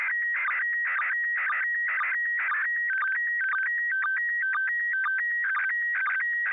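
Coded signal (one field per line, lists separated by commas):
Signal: SSTV (slow-scan television)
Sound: warbling tone stepping between two pitches, with short low sync blips twice a second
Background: crackly radio noise bursts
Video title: ISS SSTV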